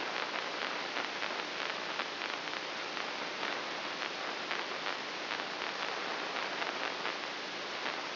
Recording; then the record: brain microelectrode recording played as sound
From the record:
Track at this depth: inside the subthalamic nucleus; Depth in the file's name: 1.005 mm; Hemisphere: right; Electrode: 3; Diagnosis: Parkinson's disease